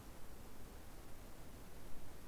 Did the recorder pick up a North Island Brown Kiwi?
no